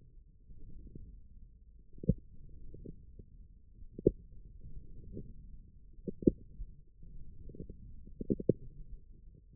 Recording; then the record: forearm muscle sounds (acoustic myography)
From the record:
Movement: wrist flexion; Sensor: system 1, eight BSWA MPA416 microphones around the upper forearm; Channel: 4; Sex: male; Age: 18 years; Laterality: right